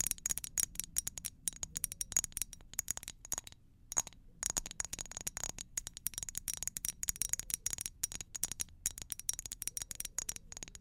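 Dense, fast tapping runs in steady, uneven clusters of bright clicks, with brief pauses near four seconds and a faint low rumble underneath.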